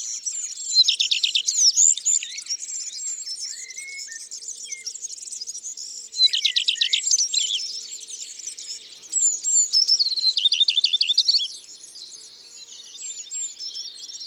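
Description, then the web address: Common redstart singing high, rapid trilled phrases repeated in bursts, with thin whistles and scratchy twitters between them. "Rougequeue a front blanc. abc de la nature"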